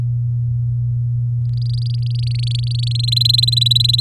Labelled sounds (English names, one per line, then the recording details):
Domestic Canary song
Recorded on 8 May 2018 at 19:48
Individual llb16